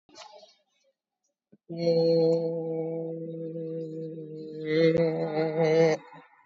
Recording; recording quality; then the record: sustained vowel as in made; excellent, no background noise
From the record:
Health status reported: COVID-19 positive, mild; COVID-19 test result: positive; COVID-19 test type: RT-PCR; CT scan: taken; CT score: 4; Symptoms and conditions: cold, breathing difficulty, sore throat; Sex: female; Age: 64 years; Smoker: no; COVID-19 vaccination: one dose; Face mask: not worn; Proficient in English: yes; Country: India